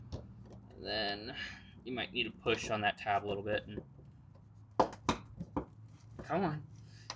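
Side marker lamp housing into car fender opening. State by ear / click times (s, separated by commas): not seated / none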